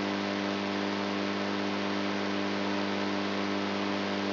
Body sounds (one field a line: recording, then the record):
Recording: brain microelectrode recording played as sound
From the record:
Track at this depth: inside the subthalamic nucleus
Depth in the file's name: 3.32 mm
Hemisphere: right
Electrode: 3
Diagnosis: Parkinson's disease